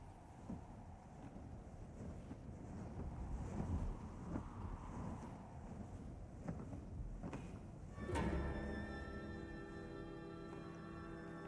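Blustery wind roars in a steady low rumble with swelling gusts, then a bright ringing tone with layered overtones sets in and hangs over the wind to the end. No one speaks.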